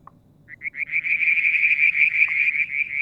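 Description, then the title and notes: Frog calling in a fast, pulsed trill around a steady high pitch, building after half a second and running continuously, with brief low knocks and faint low rumble beneath. Striped marsh frog, Verreaux's tree frog and an unidentified frog calling one evening near a water tank at Mount Wilson, New South Wales, Australia, July 2022. "Frog song, Mount Wilson, New South Wales, Australia in July 2022 – by Alexander Moffatt. Limnodynastes Peronii, Litoria Verreauxii and a mystery frog one evening near the water tank"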